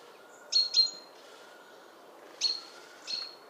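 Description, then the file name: Great tit calls, a few sharp high notes in two groups, over a soft steady background hiss. "Parus major"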